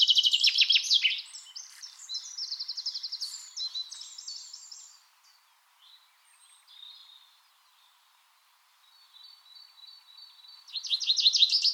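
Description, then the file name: Common chaffinch song: a loud trilled phrase at the start, softer notes fading to near quiet midway, and another loud trill near the end. "Fringilla coelebs"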